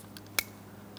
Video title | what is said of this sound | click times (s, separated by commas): How to Replace Mirrors 2003-2007 Cadillac CTS | Audible click from that. And it's secure. | 0.4 s